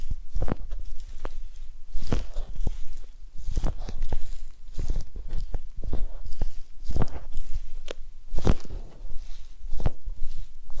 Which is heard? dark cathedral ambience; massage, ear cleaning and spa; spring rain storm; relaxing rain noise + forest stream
massage, ear cleaning and spa